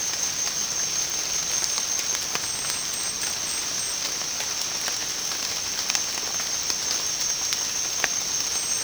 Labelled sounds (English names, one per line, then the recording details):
none
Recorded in secondary vegetation near Puerto Asís, Putumayo, Colombia, on 27 June 2025 at 17:30
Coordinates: 0.484, -76.319
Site G074